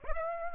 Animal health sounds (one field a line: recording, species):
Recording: mosquito wingbeat signal from an infrared sensor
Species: Aedes aegypti